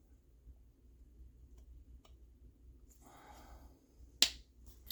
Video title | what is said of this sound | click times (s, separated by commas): Free up and Fix up Novarossi Gimar P5 .21 Nitro engine and the current state of budget engines | ah you heard that snap down into place | 4.2 s